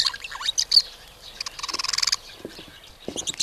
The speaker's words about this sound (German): Und die Wellensittiche zwitschern fröhlich vor sich her.